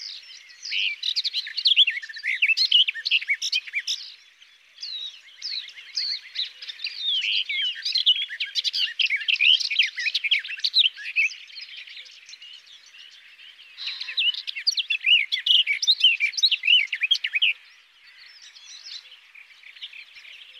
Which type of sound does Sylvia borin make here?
song